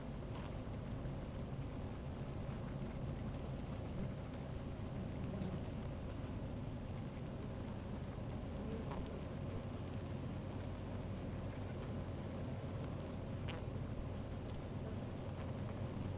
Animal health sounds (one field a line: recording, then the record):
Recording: honeybee colony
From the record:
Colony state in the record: active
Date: 28 July 2017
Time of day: 12:40